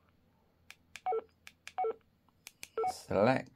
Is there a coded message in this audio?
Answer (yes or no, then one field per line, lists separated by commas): no